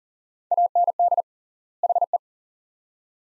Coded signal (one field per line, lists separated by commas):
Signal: Morse code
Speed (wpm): 40 wpm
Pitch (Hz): 700 Hz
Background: none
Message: AND HE